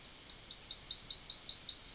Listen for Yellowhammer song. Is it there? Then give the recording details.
yes. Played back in forest. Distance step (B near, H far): C. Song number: 057